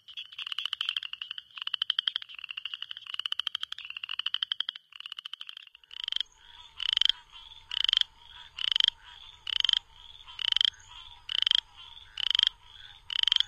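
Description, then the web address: Southern chorus frog calls: rasping pulsed trills, first several in quick succession, then regular ratchety trills about once a second. North America. "Songs of Frogs Toads of North America. Southern Chorus Frog"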